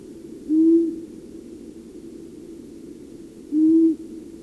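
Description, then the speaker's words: Long-eared owl hooting: two deep, muffled hoo notes about three seconds apart against quiet background noise. Common in years with plenty of voles and mice, nearly absent in poor vole years. "Tämä ääntelijä oli sarvipöllö."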